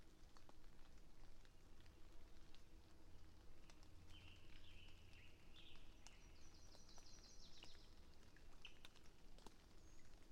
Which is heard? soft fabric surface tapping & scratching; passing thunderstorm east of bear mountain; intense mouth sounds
passing thunderstorm east of bear mountain